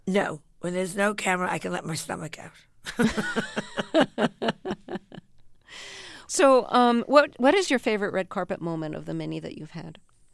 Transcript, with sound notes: When there's no camera I can let my stomach out.
(LAUGHTER)
So what is your favorite red carpet moment of the many that you've had?